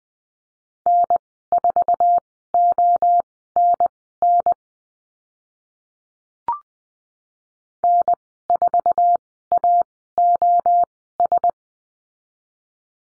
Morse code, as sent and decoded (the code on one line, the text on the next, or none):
-. ....- --- -. -. / -. ....- .- --- ...
N4ONN N4AOS